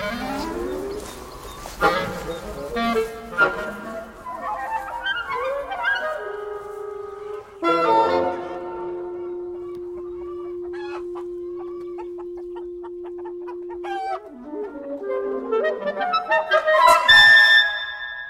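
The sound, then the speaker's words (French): Turkeys gobble and cluck in a string of warbling, harmonic calls, with a long steady droning note held through the middle and a burst of sharp, overlapping cries at the end. “On peut aller vers un peu les dindons, puis on va sortir là-bas du parc.”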